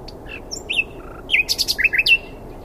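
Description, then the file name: Common nightingale song fragment: a short mix of squeaky slurred notes and a quick run of sharp, high clicking notes. "Luscinia megarhynchos"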